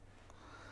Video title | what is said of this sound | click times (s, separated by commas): Hozelock 2 in 1 Compact Enclosed Reel - 25m | first part pushes on to the handle and just clicks into place like so the | 0.3 s